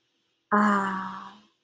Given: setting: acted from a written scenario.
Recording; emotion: vocal sound without words; serenity